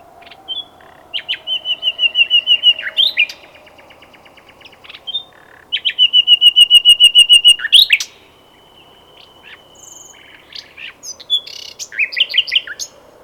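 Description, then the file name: Common nightingale delivering loud throbbing phrases of rapidly repeated notes, with brief pauses, a level whistle and a final chattering flourish. "Luscinia megarhynchos"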